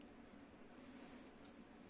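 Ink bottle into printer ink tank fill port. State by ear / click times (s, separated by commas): seated / 1.5 s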